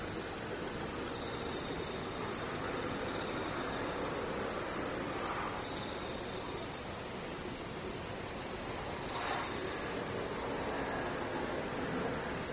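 Insects call faintly through a dense, steady hiss of rushing noise that fills the whole clip without changing. Thin, high, drawn-out tones surface now and then, around the first few seconds, near six seconds and again near nine, barely above the wash.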